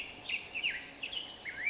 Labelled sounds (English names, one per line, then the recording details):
Black-headed Grosbeak
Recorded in Sonoma County, California